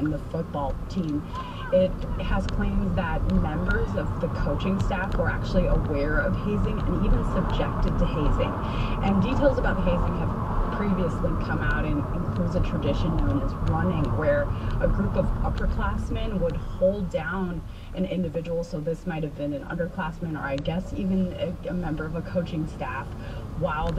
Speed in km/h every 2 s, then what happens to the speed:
19, 24, 29, 32, 32, 31, 27, 21, 13, 6, 10, 13.
0-6 speeds up to 32. 9-18 slows to 6. 18-24 speeds up to 13.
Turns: none.